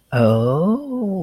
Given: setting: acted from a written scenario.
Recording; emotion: vocal sound without words; embarrassment